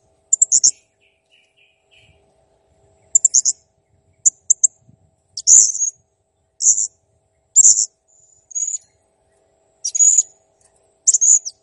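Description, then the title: Blue-crowned hanging parrot delivering clustered thin high chirps and longer squeaky phrases at irregular intervals. Song training material for cage songbirds; clear, lively singing. "Masteran Burung Serindit Masteran Serindit Gacor Jernih"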